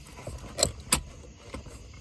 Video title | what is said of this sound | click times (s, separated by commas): Speedometer cable replacement on a 85 S10 Tahoe | what we're gonna do is slide this in until it clicks | 0.9 s